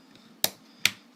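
A second RAM memory module is pushed down into its motherboard DIMM slot until the slot's latches snap shut. Two sharp, distinct clicks ring out at 0.4 s and 0.9 s over a quiet background. The module is seated, and that click is the important sign of a proper RAM install.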